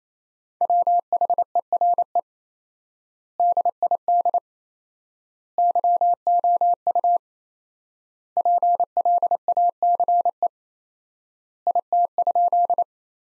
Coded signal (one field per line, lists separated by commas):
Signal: Morse code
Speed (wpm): 28 wpm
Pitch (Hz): 700 Hz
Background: none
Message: WHERE DID YOU PLACE IT?